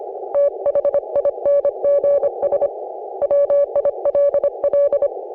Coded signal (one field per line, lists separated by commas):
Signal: Morse code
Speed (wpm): 26 wpm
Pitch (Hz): 560 Hz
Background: none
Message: THINGS WILL